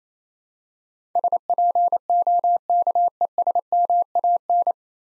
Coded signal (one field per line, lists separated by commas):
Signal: Morse code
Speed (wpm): 28 wpm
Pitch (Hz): 700 Hz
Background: none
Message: SPOKESMAN